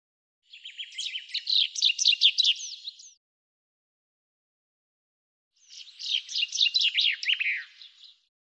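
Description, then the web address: Bird singing two rapid twittering phrases, each about two and a half seconds of high, quick downslurred chirps, separated by a pause of silence. "Deverinetal 2025 File cleaned normalized Bird Fr Co"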